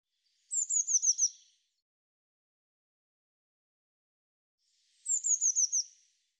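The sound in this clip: Bird song: two high, quick phrases several seconds apart, each a run of about six sharp down-slurred notes, with silence between.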